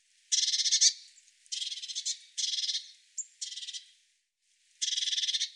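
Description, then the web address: Bird song: a string of five quick, rasping, pulsed bursts of varying length, with a brief high note between two of them and faint quiet gaps. "Deverinetal"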